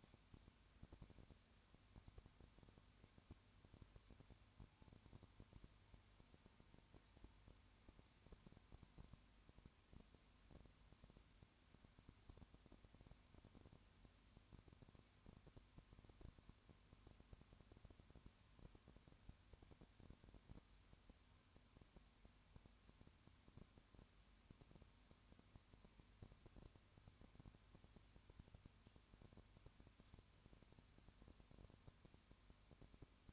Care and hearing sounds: daily activity, microphone in the room; no activity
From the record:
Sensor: 2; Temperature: 20.3 degrees Celsius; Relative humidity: 35.6%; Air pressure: 1001.0 hPa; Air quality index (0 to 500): 196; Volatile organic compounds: 5 ppm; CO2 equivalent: 1731 ppm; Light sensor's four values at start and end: 2/3/2/2 and 2/3/2/2

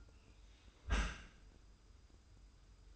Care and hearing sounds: daily activity, microphone in the room; close dishwasher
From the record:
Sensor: 2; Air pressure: 990.3 hPa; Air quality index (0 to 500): 209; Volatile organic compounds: 1000 ppm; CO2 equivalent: 6697 ppm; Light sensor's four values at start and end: 26/60/25/25 and 26/60/25/25

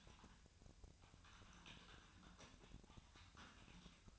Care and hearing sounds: daily activity, microphone in the room; typing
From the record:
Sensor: 2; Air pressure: 1009.3 hPa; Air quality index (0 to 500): 187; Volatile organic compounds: 11 ppm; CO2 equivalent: 2323 ppm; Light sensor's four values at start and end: 24/59/26/28 and 24/59/25/28

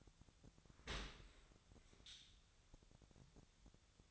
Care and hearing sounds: daily activity, microphone in the room; open dishwasher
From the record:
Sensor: 3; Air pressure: 1006.7 hPa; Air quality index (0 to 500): 207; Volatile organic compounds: 19 ppm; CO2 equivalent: 2643 ppm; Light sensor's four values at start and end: 11/26/11/10 and 11/26/11/11

